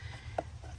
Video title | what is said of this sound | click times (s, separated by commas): How To Replace a Blower Motor - Toyota Tacoma | close that back up has like two clips so you want to hear it click you go and now putting | 0.4 s